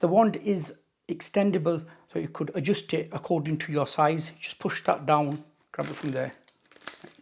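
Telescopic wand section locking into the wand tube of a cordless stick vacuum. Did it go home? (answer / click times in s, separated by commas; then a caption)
yes / 6.9 s. Someone talks while pushing down the release on the telescopic metal wand of an Oraimo UltraCleaner S cordless stick vacuum and pulling the wand section out to a new length. A few faint ticks follow, and then a sharp click at 6.9 s as the section locks into the wand tube at its new length.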